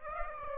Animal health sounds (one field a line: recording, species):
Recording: mosquito wingbeat signal from an infrared sensor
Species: Aedes aegypti